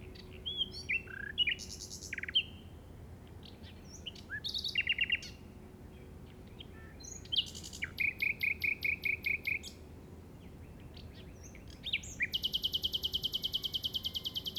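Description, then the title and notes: Common nightingale singing varied phrases: whistles, harsh chips, a rapid rattling series near the middle, and a long fast metallic trill at the end, with faint low hum behind. Llobregat Delta, recorded at 06:00 on 8 May 2015 with a Zoom recorder. "Grabación de ruiseñor común (Luscinia megarhynchos) en el Delta del Llobregat a las 06:00 del 08/05/2015."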